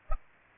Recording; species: mosquito wingbeat signal from an infrared sensor; Aedes aegypti